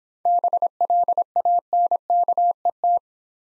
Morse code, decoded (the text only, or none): BLANKET